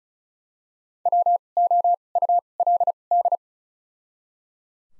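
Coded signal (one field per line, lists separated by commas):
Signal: Morse code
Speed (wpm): 36 wpm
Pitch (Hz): 700 Hz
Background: none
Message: W O U L D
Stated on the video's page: Morse practice set at 35 wpm using Top 200 words with 2x character spacing (Farnsworth-style timing).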